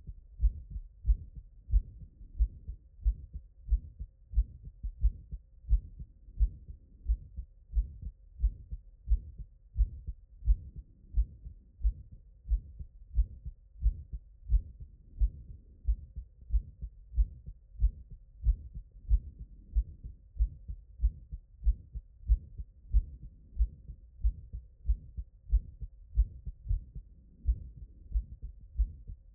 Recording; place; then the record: heart sounds by stethoscope; tricuspid valve (TV)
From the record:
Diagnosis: non-HFrEF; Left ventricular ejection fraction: 72%